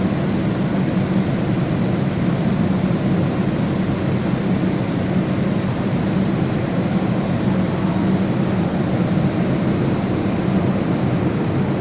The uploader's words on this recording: Court Street Subway Station after Midnight. Recordings of a vent and the escalator at the Court Street R station in Downtown Brooklyn, NY. Recordings and photos by Dan Bodah, June 2009.